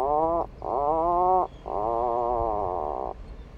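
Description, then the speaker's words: Atlantic puffin call, a low creaking groan like a creaky door, in three drawn-out wavering phrases, the last and longest about one and a half seconds. Creaky-door-like call heard on a tiny remote island off the coast of Maine in summer. "Believe it or not, you're actually listening to an Atlantic puffin, a small seabird with an iconic bright orange beak, once hunted to extinction in New England."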